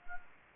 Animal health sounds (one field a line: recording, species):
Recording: mosquito wingbeat signal from an infrared sensor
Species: Anopheles arabiensis